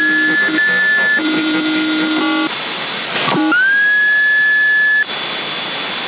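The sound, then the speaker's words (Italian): Steady CB radio static carries thin, high whistling tones, first a wavering pair of pitches, then after a short crackle a single whistle that slides upward and holds before cutting off. “Magari è qualcuno che sta tentando di comunicare ma non esce. Sì, sta fischiando.”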